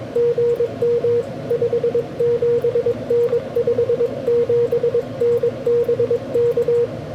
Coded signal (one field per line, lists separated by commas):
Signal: Morse code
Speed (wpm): 22 wpm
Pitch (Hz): 480 Hz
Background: radio noise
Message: GM 57N 57N BK